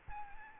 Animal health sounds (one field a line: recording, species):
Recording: mosquito wingbeat signal from an infrared sensor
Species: Aedes albopictus